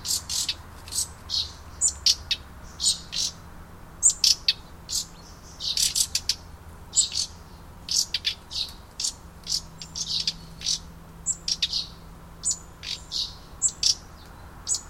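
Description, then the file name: Common nightingale giving a busy series of sharp chirps and ticks, closely grouped and irregular, with a faint steady low hum beneath. "Luscinia megarhynchos"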